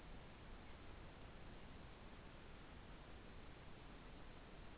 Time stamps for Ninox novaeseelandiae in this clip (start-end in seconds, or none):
none